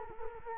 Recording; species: mosquito wingbeat signal from an infrared sensor; Culex quinquefasciatus